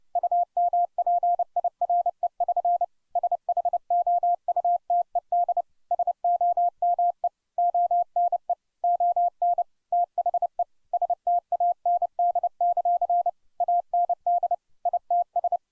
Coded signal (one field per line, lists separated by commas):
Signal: Morse code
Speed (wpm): 29 wpm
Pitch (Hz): 700 Hz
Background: none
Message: UMPIRE<SN> SHOUTED SOME ONE ON THE STAND; AND ITS